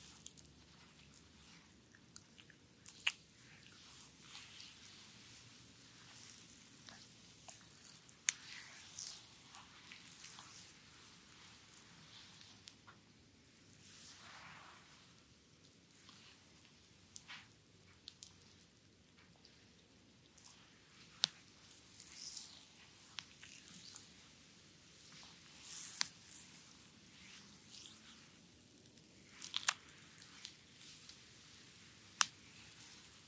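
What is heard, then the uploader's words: Hands massage a belly, producing a steady, dense rustling and crackling that sounds much like light rain. Sharp little clicks and pops break through irregularly, a few louder ones near 3, 8, 21, 26 and 33 seconds, over a faint low hum. ASMR Visceral Front Massage (stomach, belly, abdominal) . Asian style asmr.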